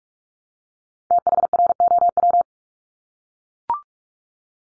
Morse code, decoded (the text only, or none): THROW